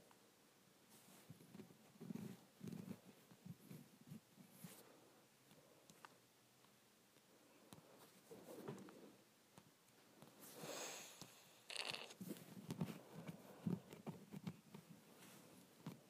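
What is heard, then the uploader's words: Scratching at a window comes in uneven bursts of low rubbing and dull knocks, busiest around the first few seconds and again near the end. Two louder, hissing scrapes stand out just before and after the eleven-second mark, with quiet gaps between. ASMR Scratching my Window.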